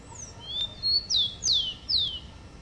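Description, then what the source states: Rufous-collared sparrow phrase of high thin whistles, a level note then three loud descending slurs about half a second apart, with faint background hiss. Chirping call (pio).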